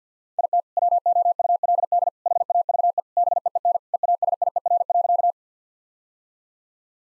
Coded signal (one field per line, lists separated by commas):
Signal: Morse code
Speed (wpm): 50 wpm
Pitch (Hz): 700 Hz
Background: none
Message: IT WOULD HAVE BEEN EASIER.